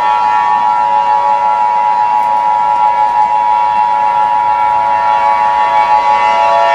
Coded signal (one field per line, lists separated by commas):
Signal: Emergency Alert System (SAME) tones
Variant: 853 and 960 Hz attention tone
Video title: EAS Scenario #10 - Mars Collision